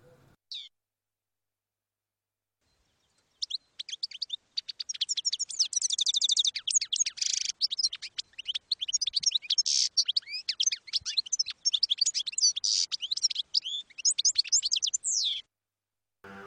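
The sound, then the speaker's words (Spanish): A pet goldfinch chirps and sings in a rapid, twittering stream of high, bright notes, lasting about twelve seconds with brief pauses and no voices. “hasta entonces no tenía más compañía que la de su jilguero.”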